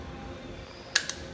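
Wings are pushed into a steel under-reamer drill bit body until a small spring pin drops down and snaps them into place, confirming both wings are seated. Over a low background hum, two sharp metallic clicks ring out at 0.96 s and 1.1 s, the first louder than the second.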